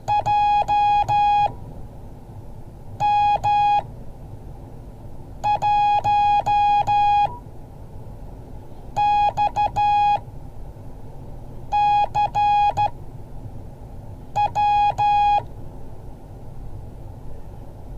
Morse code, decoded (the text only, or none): JM1XCW